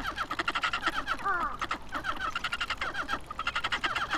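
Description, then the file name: Ducks calling in a dense flock chorus, overlapping nasal quacks and chattering notes running continuously, with a few rising and falling harmonic calls near the middle. Recorded on the Abukuma River, Japan, on 29 November 2025. "abukuma duck river 20251129"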